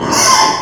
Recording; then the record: squeal of a Yucatan mini pig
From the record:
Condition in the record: before surgery on the right vocal fold (resection and tissue-engineered implant); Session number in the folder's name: 2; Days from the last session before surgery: 0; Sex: male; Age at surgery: 12 weeks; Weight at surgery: 13 kg